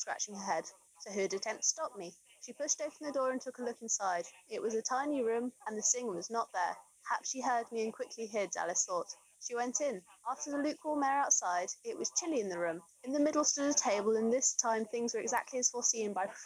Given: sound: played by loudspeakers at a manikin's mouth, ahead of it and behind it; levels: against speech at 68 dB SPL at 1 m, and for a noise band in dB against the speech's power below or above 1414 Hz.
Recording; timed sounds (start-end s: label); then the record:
test signals for a remote microphone
0.00-16.46 s: woman speaking, babble ahead at +6 dB SNR for speech at 1 m
From the record:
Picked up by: remote microphone C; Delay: 23 ms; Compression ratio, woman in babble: 1.51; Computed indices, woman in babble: HASPI 0.867, HASQI 0.307 (non-linear 0.358, linear 0.857), ESTOI 0.784